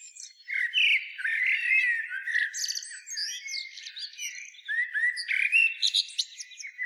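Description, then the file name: Eurasian blackbird singing almost without a break, rich warbled notes mixed with shrill twitters and scratchy high flourishes. "Turdus merula"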